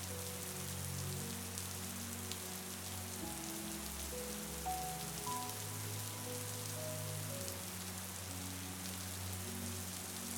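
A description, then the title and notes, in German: Soft rain falls steadily and densely, an even patter with faint drop ticks throughout. Beneath it a quiet, low melody of sustained tones drifts slowly, notes changing every second or two, with a deep held bass that shifts around the third and fifth seconds. Tauchen Sie ein in die Ruhe mit dem beruhigenden Klang des sanften Regens und einer leise fesselnden Melodie.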